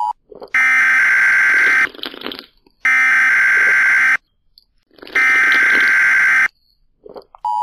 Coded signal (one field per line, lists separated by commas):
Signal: Emergency Alert System (SAME) tones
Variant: header bursts